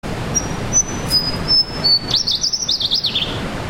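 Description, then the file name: Slaty-bellied tesia: a few thin, high, level whistled notes, then a rapid, wavering high warble of tinkling notes rising and falling, with steady background hiss. "tesia-slaty-bellied Tesia-olivea"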